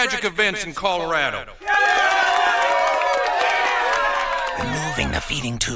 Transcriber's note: soundbite of applause